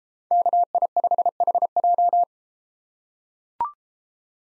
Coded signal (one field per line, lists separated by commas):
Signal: Morse code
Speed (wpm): 32 wpm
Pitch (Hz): 700 Hz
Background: none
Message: KI5HJ